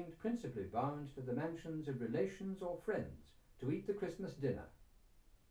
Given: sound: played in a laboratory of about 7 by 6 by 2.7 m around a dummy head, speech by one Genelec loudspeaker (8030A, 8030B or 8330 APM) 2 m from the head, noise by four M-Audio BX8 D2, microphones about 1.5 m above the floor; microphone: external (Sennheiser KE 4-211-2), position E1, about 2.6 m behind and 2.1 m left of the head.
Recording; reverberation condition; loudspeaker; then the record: male speech in English; low; 90 degrees to the left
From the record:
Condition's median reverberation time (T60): about 310 ms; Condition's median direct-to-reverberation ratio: about 3.5 dB